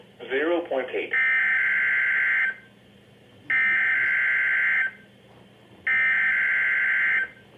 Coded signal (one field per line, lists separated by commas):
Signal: Emergency Alert System (SAME) tones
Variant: header bursts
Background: speech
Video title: Required Weekly test. ( EAS 3 )￼